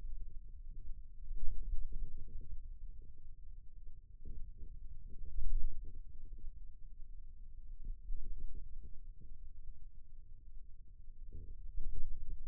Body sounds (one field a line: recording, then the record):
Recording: forearm muscle sounds (acoustic myography)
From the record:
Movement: ulnar deviation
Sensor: system 2, bracelet of six BSWA MPA416 microphones around the upper forearm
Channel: 2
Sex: male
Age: 22 years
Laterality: right